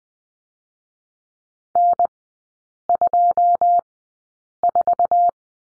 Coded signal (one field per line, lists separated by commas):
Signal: Morse code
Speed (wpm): 21 wpm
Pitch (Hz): 700 Hz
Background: none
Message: N 2 4